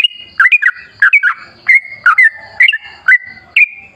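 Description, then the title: Yellow-vented bulbul with short, clear whistled phrases, each a sharp note slurring into a level whistle, repeated about every half second. Trucukan bulbul lure with ropel ngalas style singing, used to make birds sing. "GACOR Ropel Ngalas Pancingan Trucukan Agar Bunyi Jadikan Burung Trucuk"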